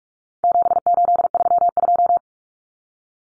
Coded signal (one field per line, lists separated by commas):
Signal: Morse code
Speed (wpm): 44 wpm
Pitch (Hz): 700 Hz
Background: none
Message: 7832